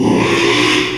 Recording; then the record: squeal of a Yucatan mini pig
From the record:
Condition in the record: after surgery on the right vocal fold (resection and tissue-engineered implant); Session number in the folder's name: 1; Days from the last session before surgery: 6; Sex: male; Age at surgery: 12 weeks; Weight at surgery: 13 kg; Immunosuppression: cyclosporine, prednisolone